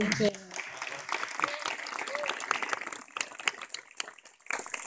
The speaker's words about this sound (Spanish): Primero, en realidad hay que darle un doble aplauso